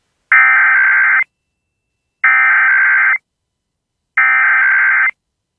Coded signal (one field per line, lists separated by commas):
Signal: Emergency Alert System (SAME) tones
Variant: header bursts